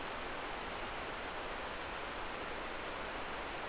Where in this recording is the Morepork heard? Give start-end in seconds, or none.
none